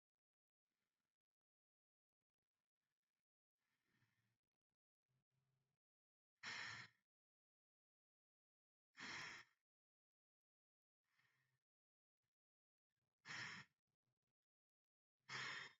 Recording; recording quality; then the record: deep breathing; excellent, no background noise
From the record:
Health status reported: COVID-19 positive, mild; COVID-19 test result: positive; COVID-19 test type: RT-PCR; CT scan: not taken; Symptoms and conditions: cold, sore throat, muscle pain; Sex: male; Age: 30 years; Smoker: yes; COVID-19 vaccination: both doses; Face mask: worn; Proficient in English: yes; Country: India